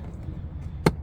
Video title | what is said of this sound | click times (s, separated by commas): Nissan Frontier Under Seat Storage Install & Review | You just want to turn it. You'll get a click, | 0.9 s